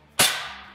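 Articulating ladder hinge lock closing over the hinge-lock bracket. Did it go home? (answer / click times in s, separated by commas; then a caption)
yes / 0.2 s. An articulating Little Giant Altrex ladder's hinge lock is closed over an aluminium hinge-lock accessory fitted with its tab outside the outer channel. A single sharp snap at 0.2 s rises from a quiet background and decays over the next half second. The hinge lock is seated back into place.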